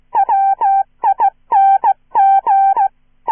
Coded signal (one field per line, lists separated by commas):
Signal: Morse code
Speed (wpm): 16 wpm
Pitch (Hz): 780 Hz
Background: none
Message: WING